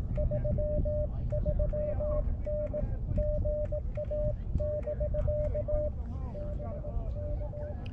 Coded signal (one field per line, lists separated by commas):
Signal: Morse code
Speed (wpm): 19 wpm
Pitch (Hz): 590 Hz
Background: speech, radio noise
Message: 33N GA<BK> BK